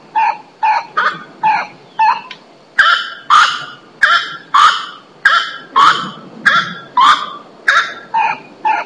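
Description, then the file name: Grey-cowled wood rail calling, a run of loud, squawking notes, lower and thinner at first, then fuller cries. Botanical garden, São Paulo, Brazil, 9 December 2010. "Aramides-cajanea 1-Botanical Garden-SP-Brazil"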